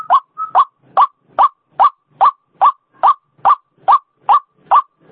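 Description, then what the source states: White-breasted waterhen repeating harsh croaks at a fast even rhythm, opening with a short level piping note. Female bird; call used as a lure sound; local name ruak-ruak.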